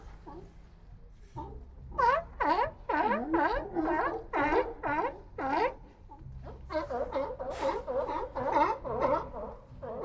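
At Old Fisherman's Wharf in Monterey Bay, an animal gives a run of harsh, rising-and-falling barking calls, nearly one per half second from about two seconds on, with a brief pause near six seconds. A low steady rumble runs underneath throughout.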